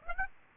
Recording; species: mosquito wingbeat signal from an infrared sensor; Aedes aegypti